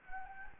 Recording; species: mosquito wingbeat signal from an infrared sensor; Anopheles gambiae